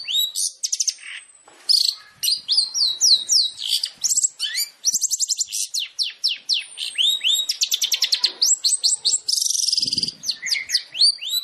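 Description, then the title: Long-tailed shrike song: busy, varied high phrases of slurred whistles and quick trills, with a brief harsh buzzy note near the end. Long-tailed shrike song compiled as a masteran training track for other shrikes, featuring full tembakan (rapid bursts). "MASTERAN TERBAIK CENDET FULL TEMBAKAN"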